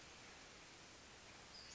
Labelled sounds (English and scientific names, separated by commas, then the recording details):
Western Flycatcher (Empidonax difficilis)
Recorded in Sonoma County, California